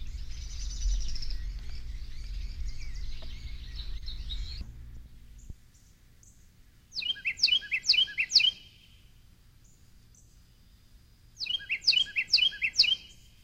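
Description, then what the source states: Carolina Wren song: two bursts of loud, ringing phrases repeated quickly and rhythmically, after a stretch of low rumbling noise and quiet. Small bird with a very big voice; song very repetitive and rhythmical.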